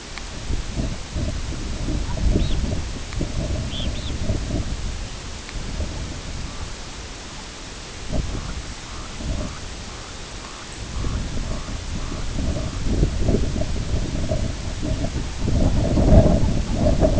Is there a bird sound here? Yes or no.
yes